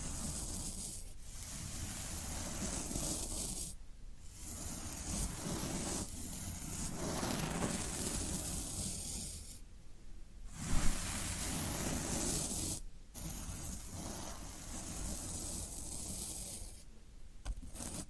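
Floral foam being rubbed and scraped, a dense crackly rasping that fills low and bright ranges alike. The texture runs in continuous strokes broken by short silent gaps near 4, 10, 13 and 17 seconds, with a sharper crunch just before 11 seconds.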